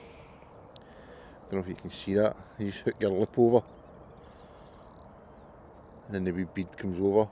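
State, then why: Not seated. A hook-link loop is hooked over a fishing quick-link clip and lined up before the bead is pushed over to lock it, while someone talks over a steady outdoor background. A brief faint tick is heard near 0.8 s, but nothing has clicked into place yet.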